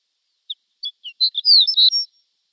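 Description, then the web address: Shore lark singing one brief phrase: a few spaced, high chips lead into a faster, bright jingle of squeaky notes, ending abruptly. "Schulze Peter Shore Lark"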